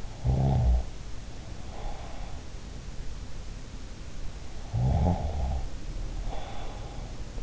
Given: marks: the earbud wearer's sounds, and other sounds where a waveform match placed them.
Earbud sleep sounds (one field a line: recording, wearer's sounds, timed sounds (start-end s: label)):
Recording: sounds in sleep by an in-ear microphone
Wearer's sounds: snoring breath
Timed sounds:
0.00-2.52 s: snoring breath
4.62-7.14 s: snoring breath